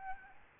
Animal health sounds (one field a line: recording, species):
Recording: mosquito wingbeat signal from an infrared sensor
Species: Aedes albopictus